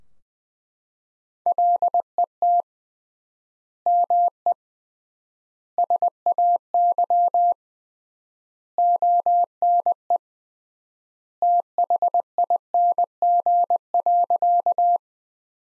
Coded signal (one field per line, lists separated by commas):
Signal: Morse code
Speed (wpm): 21 wpm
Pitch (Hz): 700 Hz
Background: none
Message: LET ME SAY ONE THING.